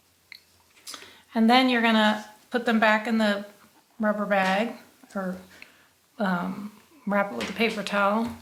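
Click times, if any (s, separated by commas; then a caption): 0.3 s. Someone presses the small silicone seal lid closed over a compartment of a plastic paint storage box, and it snaps shut with a short, sharp click at 0.3 s, showing a good seal. Someone then talks over the rest of the clip.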